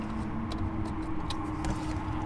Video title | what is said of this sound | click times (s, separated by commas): Audi 8p Steering Wheel Change | There you go. Hear the click, that's when you know it's in. | 1.3 s